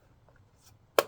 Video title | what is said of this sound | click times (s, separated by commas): DeepCool AK620 CPU Air Cooler High-Performance 120mm Intel LGA 1700 1200 1151 1150 1155 AMD AM5 AM4 | Twist it backwards, hear it click, and then I'll just spin it a few times. | 1.0 s